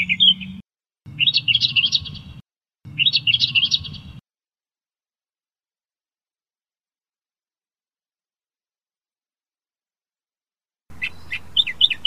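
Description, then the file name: Australian reed warbler song with a few dense, rattling bursts of squeaky notes early on, a long silence, then a few sharp chirps at the end. Bird song. "suara kicauan burung kerakbasi australia. omkicau"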